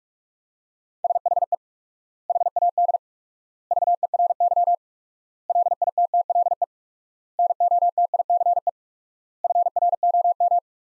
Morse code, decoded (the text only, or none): SHE HAD VERY LITTLE NOTICE FROM